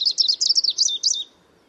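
Bird giving a quick, high chirping series of sharp notes that ends abruptly after about one and a quarter seconds.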